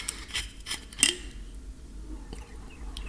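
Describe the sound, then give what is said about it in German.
Someone takes a quick sip of water: a few soft handling taps, one bright clink of a glass, then faint quiet sipping and swallowing sounds, with no talking. “Oh, sorry, ich muss mal kurz einen Schluck Wasser trinken.”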